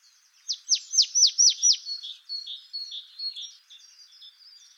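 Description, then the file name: Marsh tit producing a fast series of six crisp, downward-slurred notes, followed by softer, evenly spaced high chirps. "Poecile palustris"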